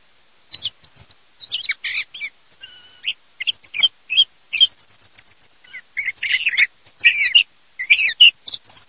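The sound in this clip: Song thrush song: a string of bright, varied whistled and chirping notes broken by short pauses, with a brief steady whistle near three seconds.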